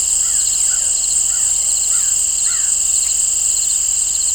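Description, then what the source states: Crickets chirping in a steady high-pitched chorus with pulsed trills, while a bird gives soft looping whistled calls in the background. Crickets and birds in an open field, nature ambience.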